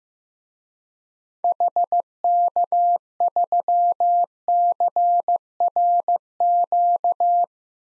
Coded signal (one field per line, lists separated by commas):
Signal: Morse code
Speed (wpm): 15 wpm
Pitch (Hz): 700 Hz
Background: none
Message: HK3CRQ